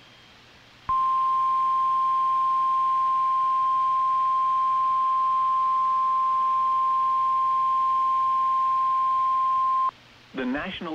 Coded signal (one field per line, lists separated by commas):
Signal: Emergency Alert System (SAME) tones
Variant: 1050 Hz attention tone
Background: speech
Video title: NOAA Weather Radio KIH-42 Tornado Warning with Radar - 02/25/2018